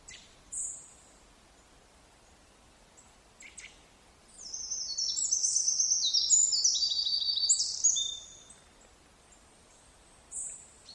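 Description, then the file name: Eurasian wren song: a rapid, very high, loud warbling trill of about four seconds, preceded and followed by short sharp chip notes. "Troglodytes troglodytes"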